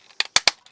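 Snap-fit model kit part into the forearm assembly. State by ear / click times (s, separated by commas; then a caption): seated / 0.4 s, 0.5 s. A glueless snap-fit part for a large-scale Generation 1 Optimus Prime Transformers partwork kit (pack 5) of diecast and plastic is pushed into the forearm assembly. A sharp snap at 0.2 s is followed by two loud clicks at 0.4 s and 0.5 s, then a faint tick near 0.7 s. The part seats firmly, and it was hard to press in because no glue or fasteners hold it.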